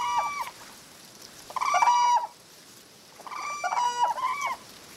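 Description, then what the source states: Whooping Crane calling with bugled, harmonic notes in a few bursts roughly every two seconds. Autumn migration through the Platte River Valley, central Nebraska, typically late October and early November; endangered.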